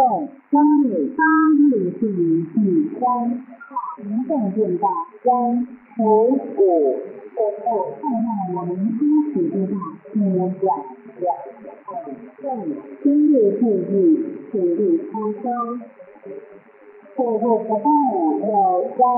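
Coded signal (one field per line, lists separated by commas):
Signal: numbers station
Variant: V13, Chinese military reading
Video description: Star Broadcasting Station is a Taiwan clandestine shortwave number station which send instructions to agencies/spies working in P. R. C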